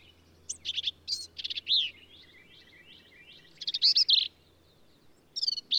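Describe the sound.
Black-capped vireo singing a quick run of varied, chattering phrases with brief pauses, then a louder burst of jumbled notes and another short phrase.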